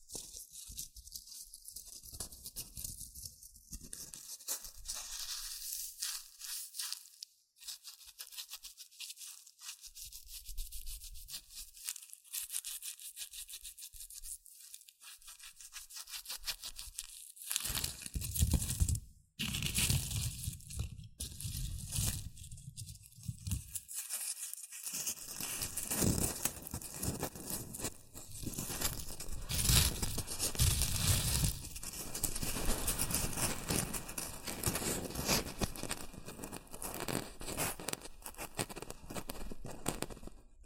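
Shredded tissue and packing peanuts rustle and crinkle in dense, uneven bursts, quieter early on, growing fuller and steadier after about twenty-five seconds.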